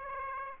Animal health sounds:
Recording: mosquito wingbeat signal from an infrared sensor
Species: Aedes aegypti

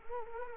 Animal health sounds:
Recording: mosquito wingbeat signal from an infrared sensor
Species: Culex quinquefasciatus

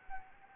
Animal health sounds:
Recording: mosquito wingbeat signal from an infrared sensor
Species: Anopheles gambiae

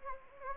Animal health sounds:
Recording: mosquito wingbeat signal from an infrared sensor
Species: Anopheles gambiae

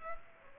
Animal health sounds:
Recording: mosquito wingbeat signal from an infrared sensor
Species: Culex pipiens

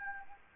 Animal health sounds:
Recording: mosquito wingbeat signal from an infrared sensor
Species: Anopheles arabiensis

